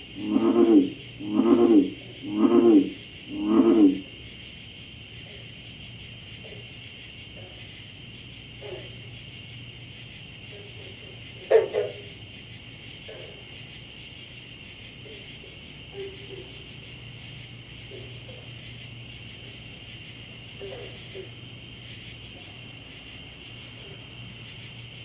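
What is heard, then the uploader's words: Four loud, low croaking calls from a frog open the scene in quick succession over the first four seconds, then stop. Steady high-pitched insect drone hangs over everything, with a low hum beneath, and faint scattered chirps and one sharp call near twelve seconds. Pond, frogs and cicadas. Is a field recording from a night I spent sleeping in an artwork (a small cubus made of plexiglass with a bed inside) on a pond. The surrounding sounds of the animals, small ones and big ones. Recorded by Sylvia Hinz.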